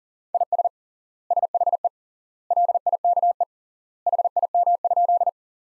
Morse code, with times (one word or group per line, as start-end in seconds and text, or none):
0.3-0.7 IS
1.3-1.9 SHE
2.5-3.4 LIKE
4.1-5.3 HIM?